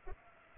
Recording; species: mosquito wingbeat signal from an infrared sensor; Culex pipiens